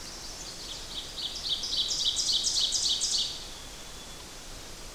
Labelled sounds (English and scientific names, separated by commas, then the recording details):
Ovenbird (Seiurus aurocapilla) song
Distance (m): 20 m
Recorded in boreal forest in Alberta, Canada, on 8 June 2016 at 06:27
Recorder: SongMeter 3, array SBT-3-9
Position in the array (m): 50 m, 107 m
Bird 33